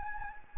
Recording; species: mosquito wingbeat signal from an infrared sensor; Anopheles gambiae